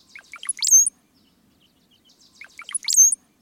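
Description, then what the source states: Brown-headed Cowbird song given twice, each a quick run of low gurgling notes rising into a thin, sliding high whistle, separated by a short pause. Song of an adult male; young cowbirds, raised by other species, imprint on this song, probably at about two years old.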